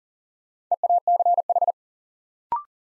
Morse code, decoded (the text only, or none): EACH